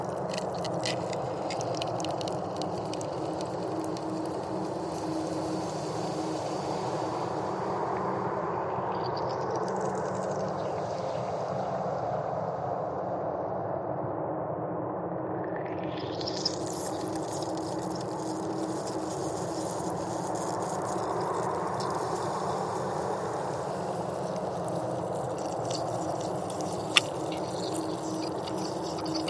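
Wind roars steadily across a frozen lake, a dense low rumble with a hissing upper layer that fades out around ten seconds and sweeps back in near fifteen. A faint tick comes at about sixteen seconds and a sharp crack near twenty-seven.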